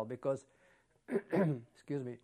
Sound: clears throat

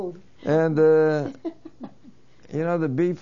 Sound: he laughs

